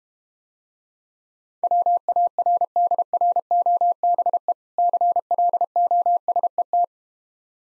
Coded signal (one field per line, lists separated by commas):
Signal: Morse code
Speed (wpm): 32 wpm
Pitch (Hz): 700 Hz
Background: none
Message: WARDROBE CLOSET